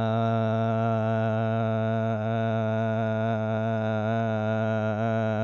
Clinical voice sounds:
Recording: sustained vowel /a/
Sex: male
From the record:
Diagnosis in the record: Parkinson's disease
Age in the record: 72 years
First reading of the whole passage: 118 s, 4.4 characters per second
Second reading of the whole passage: 99 s, 5.2 characters per second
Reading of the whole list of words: 88 s, 3.2 characters per second

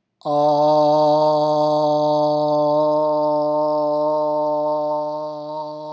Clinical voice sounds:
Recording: sustained vowel /o/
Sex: male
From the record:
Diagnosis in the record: healthy control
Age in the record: 70 years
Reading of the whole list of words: 64 s, 3.8 characters per second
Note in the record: marked for poor recording quality or reading difficulty

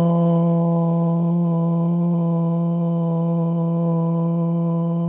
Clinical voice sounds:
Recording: sustained vowel /o/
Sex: male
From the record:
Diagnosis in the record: Parkinson's disease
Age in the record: 71 years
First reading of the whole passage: 62 s, 8.3 characters per second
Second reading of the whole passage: 53 s, 9.9 characters per second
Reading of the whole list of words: 66 s, 4.2 characters per second

